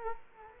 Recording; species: mosquito wingbeat signal from an infrared sensor; Culex quinquefasciatus